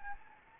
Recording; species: mosquito wingbeat signal from an infrared sensor; Anopheles gambiae